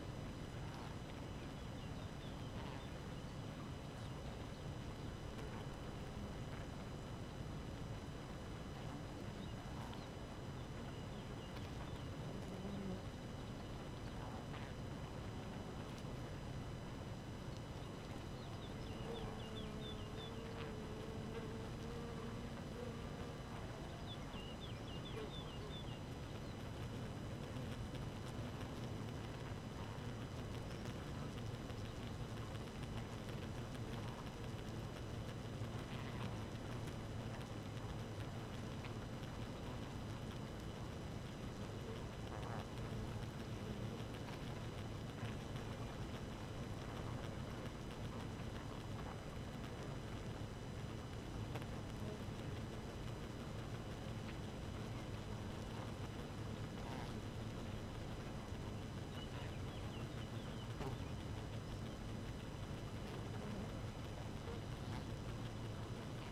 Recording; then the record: honeybee colony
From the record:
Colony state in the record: active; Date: 12 June 2018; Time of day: 4:41